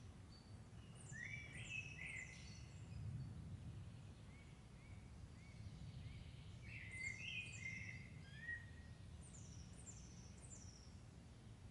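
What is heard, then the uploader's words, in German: A morning in the forest: birds sing in bright, quick phrases of descending chirps, one burst around the first three seconds, another near seven to nine seconds, and a brief one near eleven. Beneath them runs a steady low rumble that rises and falls slightly. Ein Morgen im Wald mit dem Surround-Mikrophon.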